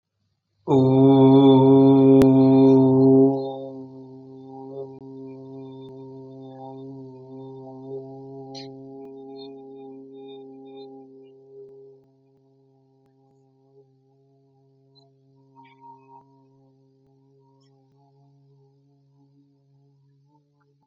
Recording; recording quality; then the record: sustained vowel as in boot; excellent, no background noise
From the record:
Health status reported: recovered from COVID-19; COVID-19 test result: positive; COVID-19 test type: RT-PCR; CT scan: not taken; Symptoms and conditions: none ticked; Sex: male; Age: 27 years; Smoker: yes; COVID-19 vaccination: both doses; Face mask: not worn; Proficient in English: yes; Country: India